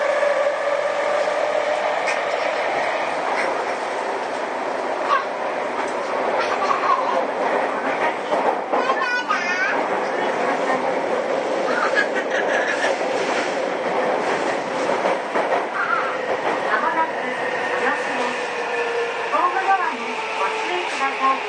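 A Seibu 6000 series train runs with a steady rolling rumble and squeal tones, brief clicks near nine seconds, and faint voices underneath.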